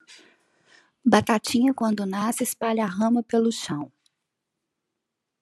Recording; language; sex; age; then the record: short text; Brazilian Portuguese; female; 40 to 49 years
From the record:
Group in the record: control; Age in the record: 48 years